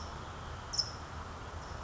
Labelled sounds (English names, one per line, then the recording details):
California Towhee
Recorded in Sonoma County, California